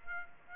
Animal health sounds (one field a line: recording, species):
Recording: mosquito wingbeat signal from an infrared sensor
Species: Aedes aegypti